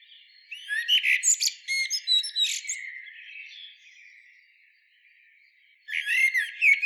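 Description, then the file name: Eurasian blackbird song: an energetic burst of squeaky, scratchy twittering and whistled notes, a fading quieter stretch, then another twittering burst at the end. "Turdus merula"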